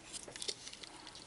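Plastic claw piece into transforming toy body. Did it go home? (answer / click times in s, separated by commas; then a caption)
no / none. A plastic claw piece, the car-top part, is being refitted into the body of a transforming robot toy. Light plastic handling taps and rustles are heard, with two sharper ticks near 0.4 and 0.5 seconds. Nothing has seated or clicked yet.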